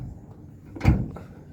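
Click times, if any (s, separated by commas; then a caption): none. On a 1968 Camaro, the trunk lid is lowered and its striker comes down onto the trunk latch, making a dull thud that builds from about 0.8 s, followed by two short, faint ticks near 1.1 and 1.2 s. The striker hits the latch but does not engage, so the latch has not caught or clicked and the trunk stays unlatched.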